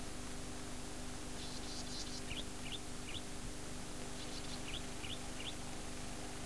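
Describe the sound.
Golden-headed cisticola giving two phrases, each a harsh buzz followed by three short upslurred notes, against a steady low-pitched hum.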